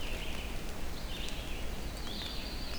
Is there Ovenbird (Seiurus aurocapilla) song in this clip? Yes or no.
no